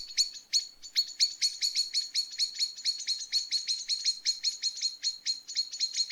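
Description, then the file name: Common blackbird calls: a continuous fast stream of sharp, metallic chink notes, steady throughout. "Turdus merula"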